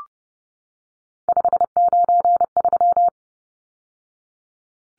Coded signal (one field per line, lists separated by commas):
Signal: Morse code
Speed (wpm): 30 wpm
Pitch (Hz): 700 Hz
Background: none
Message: 593